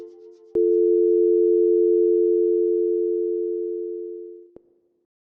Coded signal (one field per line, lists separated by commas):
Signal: telephone call progress tone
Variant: North America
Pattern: dial tone